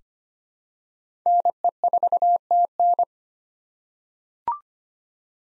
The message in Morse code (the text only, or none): NE4TN